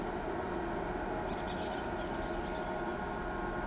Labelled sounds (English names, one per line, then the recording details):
Brown-throated Parakeet
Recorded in pastures near Pivijay, Magdalena, Colombia, on 15 April 2023 at 10:30
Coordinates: 10.456, -74.369
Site P6-G026